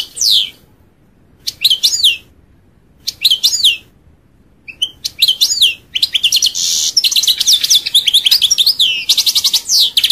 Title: Chant Chardonneret